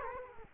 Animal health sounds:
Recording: mosquito wingbeat signal from an infrared sensor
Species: Culex quinquefasciatus

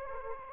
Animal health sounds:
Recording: mosquito wingbeat signal from an infrared sensor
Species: Anopheles gambiae

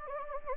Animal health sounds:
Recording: mosquito wingbeat signal from an infrared sensor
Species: Anopheles gambiae

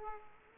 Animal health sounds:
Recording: mosquito wingbeat signal from an infrared sensor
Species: Aedes aegypti

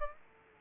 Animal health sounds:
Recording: mosquito wingbeat signal from an infrared sensor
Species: Aedes aegypti

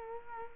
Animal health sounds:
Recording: mosquito wingbeat signal from an infrared sensor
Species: Culex quinquefasciatus

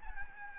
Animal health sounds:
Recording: mosquito wingbeat signal from an infrared sensor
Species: Aedes albopictus

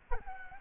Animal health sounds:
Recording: mosquito wingbeat signal from an infrared sensor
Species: Culex quinquefasciatus

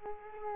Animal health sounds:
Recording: mosquito wingbeat signal from an infrared sensor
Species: Aedes aegypti

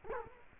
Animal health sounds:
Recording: mosquito wingbeat signal from an infrared sensor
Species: Culex quinquefasciatus

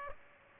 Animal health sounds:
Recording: mosquito wingbeat signal from an infrared sensor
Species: Aedes aegypti

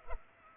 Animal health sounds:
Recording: mosquito wingbeat signal from an infrared sensor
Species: Culex pipiens

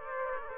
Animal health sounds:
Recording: mosquito wingbeat signal from an infrared sensor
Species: Aedes aegypti

